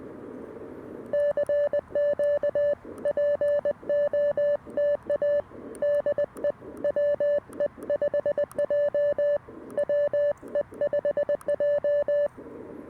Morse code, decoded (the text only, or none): CQ POTA DE WE5J WE5J